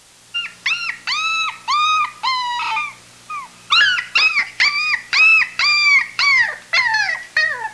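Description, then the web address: Dog: puppy crying in a run of high, tonal whines, each rising then falling, about two per second with short gaps, some longer and wavering in the first half. "puppy cries"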